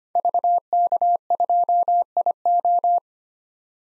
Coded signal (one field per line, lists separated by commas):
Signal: Morse code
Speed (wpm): 25 wpm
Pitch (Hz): 700 Hz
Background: none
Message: VK2IO